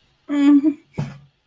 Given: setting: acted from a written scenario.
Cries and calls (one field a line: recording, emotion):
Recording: vocal sound without words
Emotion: distress